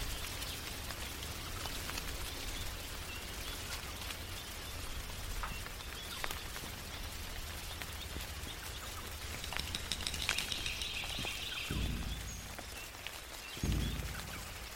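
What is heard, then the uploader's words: Raindrops patter on a tree, scattered clicks and ticks over a steady low hiss and rumble. Around ten seconds a bright chirping, bird-like, rises briefly, and near twelve and fourteen seconds two heavier low thumps break in. Mystic forest asmr ambience. Birds/insects. Raindrops on tree.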